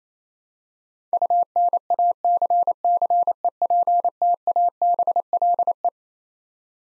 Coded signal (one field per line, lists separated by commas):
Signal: Morse code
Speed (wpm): 28 wpm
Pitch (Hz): 700 Hz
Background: none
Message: UNACCEPTABLE